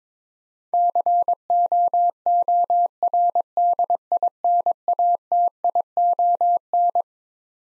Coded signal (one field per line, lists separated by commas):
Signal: Morse code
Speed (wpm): 22 wpm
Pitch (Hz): 700 Hz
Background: none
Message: COORDINATION